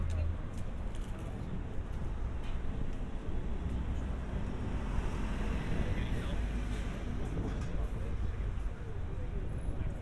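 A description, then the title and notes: A binaural field recording of a busy public place, steady throughout, with a dense murmur of voices. A low rumble of passing traffic sits underneath, and faint clicks and brief bright ticks surface now and then. Moving in and out of public spaces. A sound collage of binaural field recordings.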